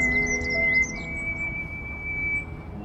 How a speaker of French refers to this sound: Ouais, alors cet endroit où on est, là, il y a beaucoup, beaucoup d'oiseaux, il y a des petits grimperons.